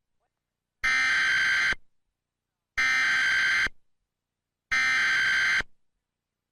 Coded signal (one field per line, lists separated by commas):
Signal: Emergency Alert System (SAME) tones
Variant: header bursts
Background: speech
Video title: Comcast Emergency Alert System - Child Abduction Emergency (September 4, 2003)